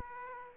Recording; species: mosquito wingbeat signal from an infrared sensor; Aedes aegypti